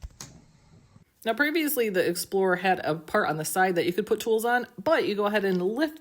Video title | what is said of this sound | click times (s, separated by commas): Meet the New Cricut Machines! Joy 2 & Explore 5 – Let’s Take a Look | So it's just going to hold it here, and you're going to push down until you hear it click. | 0.2 s